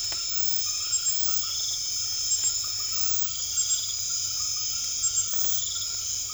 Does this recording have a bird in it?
no